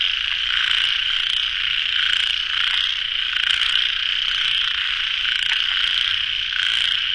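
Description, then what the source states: Frogs calling together in a continuous trilling wall of sound on two bands, pulsing slightly in loudness throughout. Frogs calling at a pond late at night; recorded in the field by the recordist.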